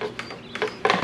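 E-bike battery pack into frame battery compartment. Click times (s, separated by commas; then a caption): 0.9 s. A removable e-bike battery pack is set into the frame's battery compartment and pushed until it snaps in. A few light knocks and scrapes come first, then two sharp clicks at 0.9 s and 0.9 s as the battery seats in the frame.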